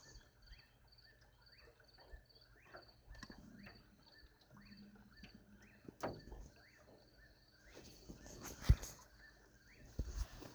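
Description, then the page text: Eastern whip-poor-will calling, a faint rhythmic whistled phrase repeated steadily many times, over steady pulsing insect chirps, with low rumble and a few sharp knocks in the second half. Recorded in Maryland. "Maryland Biodiversity. Eastern Whip-poor-will ( Antrostomus vociferus )"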